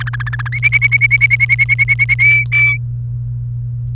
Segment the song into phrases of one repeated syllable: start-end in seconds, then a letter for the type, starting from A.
0.00-0.48 A, 0.52-2.15 B, 2.19-2.77 C